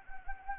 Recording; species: mosquito wingbeat signal from an infrared sensor; Anopheles gambiae